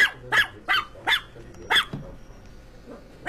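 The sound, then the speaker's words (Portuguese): A small pinscher yaps in a quick, uneven series of about five sharp, high-pitched barks, followed by a few fainter, softer yips trailing off. “Nossa, que cachorro é esse? É o Pincher.”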